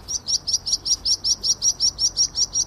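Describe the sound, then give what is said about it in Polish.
A meadow pipit in the Beka reserve in Poland gives a rapid, even series of about fourteen thin, high chirps, each short and sharp, repeating steadily with no voices over them. “tam też występują, na przykład świergoty kłąkowe.”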